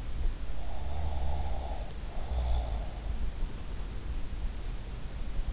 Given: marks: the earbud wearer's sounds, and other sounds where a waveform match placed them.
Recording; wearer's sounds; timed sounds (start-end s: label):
sounds in sleep by an in-ear microphone; snoring breath
0.66-3.16 s: snoring breath